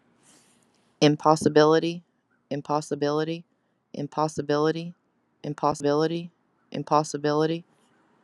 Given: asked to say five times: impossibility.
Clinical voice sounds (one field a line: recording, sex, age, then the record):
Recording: repeated word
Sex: female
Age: 30 to 39 years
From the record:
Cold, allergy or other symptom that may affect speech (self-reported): no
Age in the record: 39 years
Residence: Alabama, United States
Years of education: 12